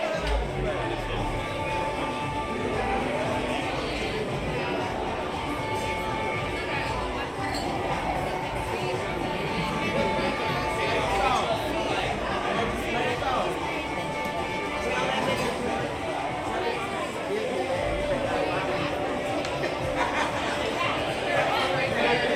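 A busy cantina fills with overlapping voices, a dense, steady murmur of many people talking in an enclosed room. Brief clinks and tones surface now and then, and a faint music-like thread runs underneath throughout.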